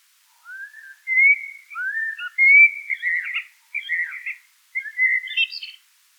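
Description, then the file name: Eurasian blackbird song: a string of mellow rising and falling flute-like notes, growing more jumbled and ending in a high twittery flourish. "Turdus merula"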